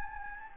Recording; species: mosquito wingbeat signal from an infrared sensor; Anopheles gambiae